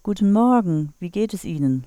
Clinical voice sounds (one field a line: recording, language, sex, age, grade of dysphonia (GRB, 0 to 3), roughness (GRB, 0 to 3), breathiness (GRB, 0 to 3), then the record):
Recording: spoken sentence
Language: German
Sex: female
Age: 40 to 49 years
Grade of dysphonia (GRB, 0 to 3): 2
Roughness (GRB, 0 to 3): 2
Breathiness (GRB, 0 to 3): 2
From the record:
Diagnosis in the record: functional dysphonia, dysodia (singing voice disorder)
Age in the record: 47 years